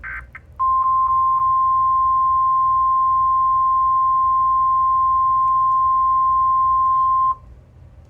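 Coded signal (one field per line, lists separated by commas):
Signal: Emergency Alert System (SAME) tones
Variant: 1050 Hz attention tone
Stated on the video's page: Demo of a NOAA Weather Radio sound effect macro.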